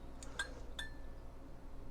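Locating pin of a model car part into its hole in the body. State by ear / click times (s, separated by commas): seated / 0.4 s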